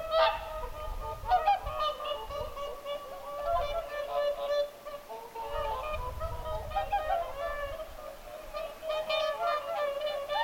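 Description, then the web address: Whooper swans calling in chorus, steady harmonic honks from many birds, with intermittent low rumbles underneath. Whooper swans vocalizing at Lintulahti, 6 November 2025. "paivat 6 11 2025 laulujoutsenten aantelya lintulahdella"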